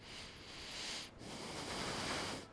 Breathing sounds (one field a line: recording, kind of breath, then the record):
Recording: one breath in and out by a microphone near the nose and mouth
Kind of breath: deep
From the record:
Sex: male